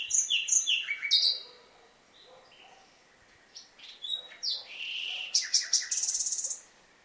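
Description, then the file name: Common nightingale singing varied whistled and chirping notes, a quieter stretch of soft notes, then a loud phrase that ends in a rapid high trill. "Luscinia megarhynchos"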